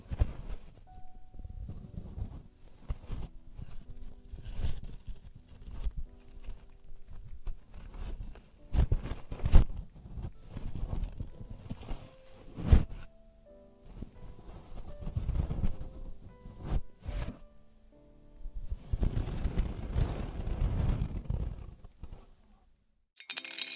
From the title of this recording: Traditional Chinese Ear Cleaning and Earwax Removal